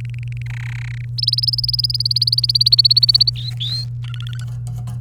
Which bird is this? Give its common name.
Domestic Canary